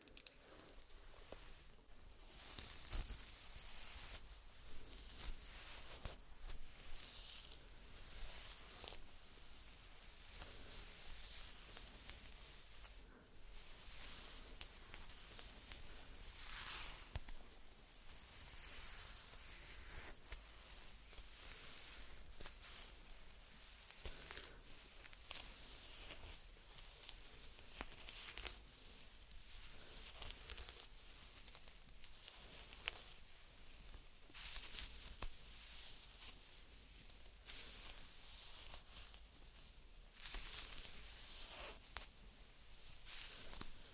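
Makeup sounds with no talking: soft, hissy brushing and swishing strokes fill the whole stretch, bright and airy. Short taps and rustles break in every second or so, with a few sharper clicks, while the overall level stays fairly even throughout.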